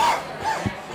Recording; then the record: coughing mixed with background sound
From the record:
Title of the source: Spring Cold Coughing 2